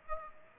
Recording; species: mosquito wingbeat signal from an infrared sensor; Aedes aegypti